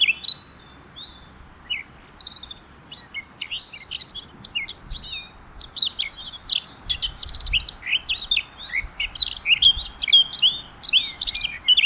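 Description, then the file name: Eurasian blackcap singing a rich, rambling warble of quick high notes and short trills that carries on throughout. "Sylvia atricapilla"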